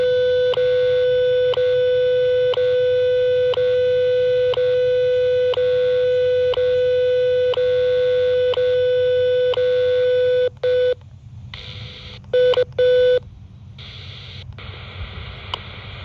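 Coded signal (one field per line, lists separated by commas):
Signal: radio time signal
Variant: WWV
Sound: steady 500 Hz hum-like tone broken by a sharp tick each second, then choppy dropouts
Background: radio static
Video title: WWV 25.000 MHz AM Full Scale Signal! Cobra HA-TA CB Antenna - 3 September 2024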